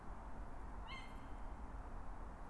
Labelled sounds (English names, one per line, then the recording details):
Tawny Owl
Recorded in Germany
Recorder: ecoPi